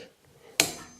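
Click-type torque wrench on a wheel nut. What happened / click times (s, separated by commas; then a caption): The torque wrench clicked at its set torque / 0.6 s. A click-type torque wrench set to 10 kg, fitted with a 21 mm socket, tightens a rear wheel nut on a 2004 Toyota Avensis 2. After a quiet low rumble, one sharp metallic click sounds at 0.6 s and rings down over the rest of the second. The click shows the nut has reached the set torque.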